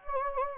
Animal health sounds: mosquito wingbeat signal from an infrared sensor; Anopheles gambiae

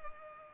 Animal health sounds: mosquito wingbeat signal from an infrared sensor; Culex pipiens

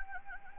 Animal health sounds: mosquito wingbeat signal from an infrared sensor; Anopheles gambiae

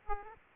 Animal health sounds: mosquito wingbeat signal from an infrared sensor; Aedes aegypti

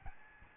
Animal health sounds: mosquito wingbeat signal from an infrared sensor; Aedes albopictus

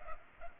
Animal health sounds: mosquito wingbeat signal from an infrared sensor; Culex pipiens

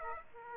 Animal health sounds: mosquito wingbeat signal from an infrared sensor; Aedes aegypti

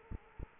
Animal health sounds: mosquito wingbeat signal from an infrared sensor; Culex quinquefasciatus

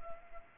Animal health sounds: mosquito wingbeat signal from an infrared sensor; Culex pipiens

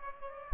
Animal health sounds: mosquito wingbeat signal from an infrared sensor; Aedes aegypti

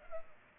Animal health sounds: mosquito wingbeat signal from an infrared sensor; Culex pipiens

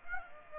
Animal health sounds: mosquito wingbeat signal from an infrared sensor; Aedes aegypti

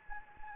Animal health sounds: mosquito wingbeat signal from an infrared sensor; Anopheles gambiae

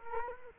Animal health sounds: mosquito wingbeat signal from an infrared sensor; Culex quinquefasciatus

